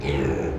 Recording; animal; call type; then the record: contact call of a hoofed animal; pig; closed-mouth grunt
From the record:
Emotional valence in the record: negative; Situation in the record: short social isolation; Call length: 0.58 s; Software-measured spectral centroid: 1440 Hz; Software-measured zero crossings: 1080 a second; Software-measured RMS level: -24 dBFS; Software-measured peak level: -12 dBFS